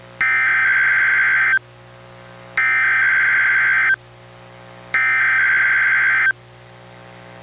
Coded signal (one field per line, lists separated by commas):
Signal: Emergency Alert System (SAME) tones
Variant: header bursts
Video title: EAS #942: NWR Required Weekly Test- June 12, 2024- 11:04AM PDT